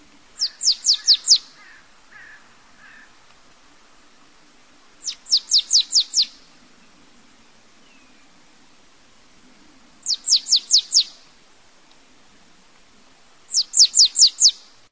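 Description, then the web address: Marsh tit song: four bursts of five rapid, sharp, high notes, a few seconds apart. "chant Mesange nonnette"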